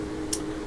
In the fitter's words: 그리고 앞쪽에 있는 작은 슬롯도 그렇게 들어가서 찰칵 소리가